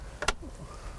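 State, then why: Seated. A small plastic sun shade is pressed onto an RV backup camera housing and snaps in place with a sharp click at 0.3 s, just after a softer tap at 0.2 s. Another short tap follows at about 1.0 s, and the shade is seated.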